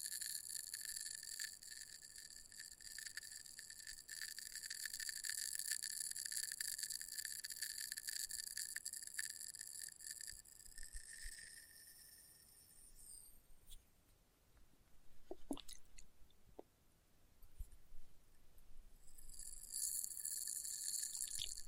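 Experimental test tube triggers: a steady, high, ringing tone with a buzzy, chirring texture fills the first ten seconds, then stops. A quieter stretch follows with a few sharp taps around fifteen to seventeen seconds, and the bright ringing returns near the end.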